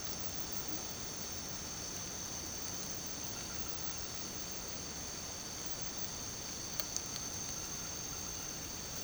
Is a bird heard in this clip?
no